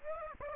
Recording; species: mosquito wingbeat signal from an infrared sensor; Aedes aegypti